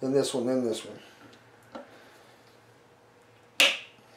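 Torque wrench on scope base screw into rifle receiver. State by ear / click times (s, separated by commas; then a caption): torque reached / 3.6 s. Someone talks as a torque wrench re-torques a scope base screw into a rifle receiver to 25 in-lbs on a second pass in reverse order. The wrench gives a sharp, loud click at 3.6 s, confirming it has reached its setting.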